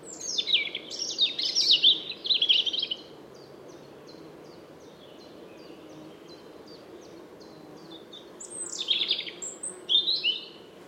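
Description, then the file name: European robin singing a rich, high, scratchy warble, then a faint series of evenly spaced ticking notes, followed by another sweet, high cascading phrase. "Erithacus rubecula"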